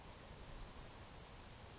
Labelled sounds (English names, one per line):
Savannah Sparrow